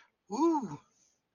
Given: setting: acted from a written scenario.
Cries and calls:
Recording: vocal sound without words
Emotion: elation

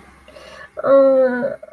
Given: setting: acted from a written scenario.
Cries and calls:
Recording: vocal sound without words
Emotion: distress

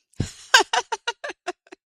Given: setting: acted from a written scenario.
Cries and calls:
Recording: vocal sound without words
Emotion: ecstasy

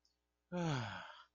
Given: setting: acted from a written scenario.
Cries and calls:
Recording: vocal sound without words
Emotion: shame

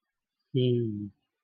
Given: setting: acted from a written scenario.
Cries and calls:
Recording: vocal sound without words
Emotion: romantic love

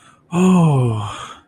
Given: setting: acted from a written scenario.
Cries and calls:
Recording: vocal sound without words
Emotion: elation

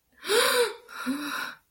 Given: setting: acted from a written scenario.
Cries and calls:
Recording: vocal sound without words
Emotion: negative surprise

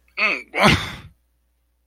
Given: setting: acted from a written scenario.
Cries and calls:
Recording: vocal sound without words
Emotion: shame

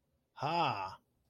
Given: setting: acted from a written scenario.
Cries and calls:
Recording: vocal sound without words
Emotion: elation

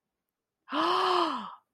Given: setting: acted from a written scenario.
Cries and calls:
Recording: vocal sound without words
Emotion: awe

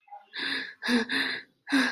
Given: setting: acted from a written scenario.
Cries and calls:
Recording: vocal sound without words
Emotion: fear

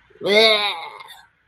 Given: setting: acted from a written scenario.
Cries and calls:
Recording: vocal sound without words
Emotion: disgust

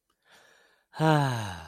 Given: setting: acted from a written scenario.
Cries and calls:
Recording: vocal sound without words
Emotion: serenity

